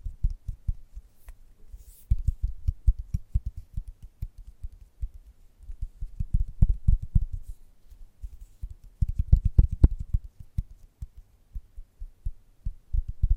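Gentle tapping runs in soft, low, rapid bursts, pausing briefly near two and eight seconds, with occasional faint clicks above.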